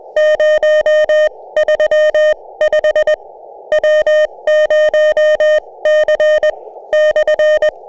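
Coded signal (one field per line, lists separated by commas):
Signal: Morse code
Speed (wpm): 21 wpm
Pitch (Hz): 610 Hz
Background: none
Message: 035 W0C/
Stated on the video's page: CW during a SOTA summit activation, the first of Black Bull Peak near Luna, New Mexico.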